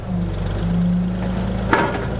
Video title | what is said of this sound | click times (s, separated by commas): KX040-4 Hydraulic Coupler K7849 | see how it did that so now once you let off the toggle switch in my left hand it locks | 1.7 s